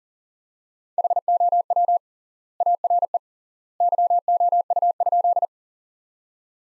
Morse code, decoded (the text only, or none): HOW ARE YOU?